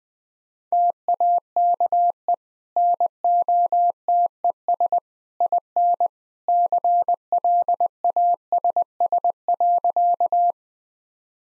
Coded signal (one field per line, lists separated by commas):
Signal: Morse code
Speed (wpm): 20 wpm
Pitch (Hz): 700 Hz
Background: none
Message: TAKE NOTES IN CLASS.